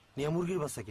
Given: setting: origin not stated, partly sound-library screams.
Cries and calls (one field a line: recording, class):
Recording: one-second piece from a danger detection set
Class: normal situation